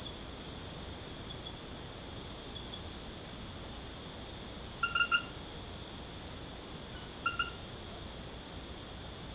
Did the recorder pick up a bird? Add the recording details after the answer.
no. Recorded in secondary vegetation near Puerto Asís, Putumayo, Colombia, on 18 December 2024 at 20:30. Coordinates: 0.489, -76.322. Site G059